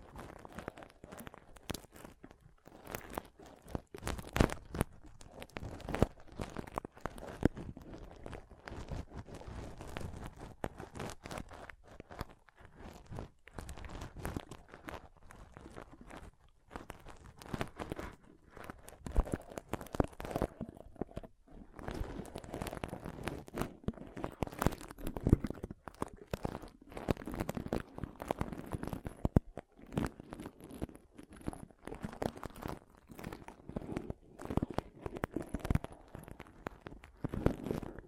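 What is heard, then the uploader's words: Pom poms are rustled and squeezed, making a dense, irregular stream of soft crunching and crinkling sounds that continues through the whole clip. The scratchy bursts vary in strength, with a few brief lulls near 17 and 30 seconds before the rustling picks up again. ASMR Ultimate Pom Pom Tingles (No Talking).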